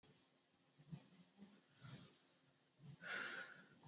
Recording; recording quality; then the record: deep breathing; excellent, no background noise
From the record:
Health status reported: exposed to COVID-19, no respiratory illness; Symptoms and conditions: cold, muscle pain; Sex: female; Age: 21 years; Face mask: not worn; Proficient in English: yes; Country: India